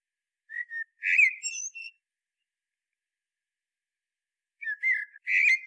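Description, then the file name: Common blackbird song: two brief fluted whistled phrases with thin high twittering, separated by a long silence. "Turdus merula"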